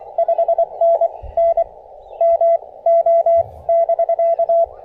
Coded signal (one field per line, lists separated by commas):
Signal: Morse code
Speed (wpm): 22 wpm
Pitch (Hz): 670 Hz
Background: radio noise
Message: 5NN MO<BK>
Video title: POTA Under the Oaks: A little wet weather can't dampen this South Mountains activation!